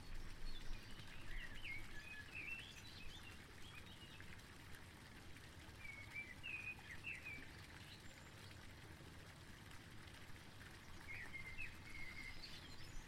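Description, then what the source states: Bird chirps in a short burst early on, more around six to seven seconds and near the end, against a loud wash of running water. Birds recorded together with water sounds.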